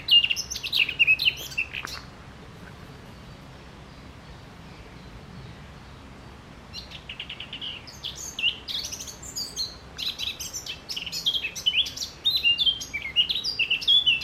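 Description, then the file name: Eurasian blackcap song: a warbling burst, several seconds of near silence, then a long, busy run of chattering notes and clear whistled phrases. "Sylvia atricapilla"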